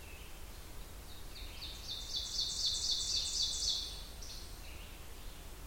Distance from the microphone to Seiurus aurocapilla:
about 50 m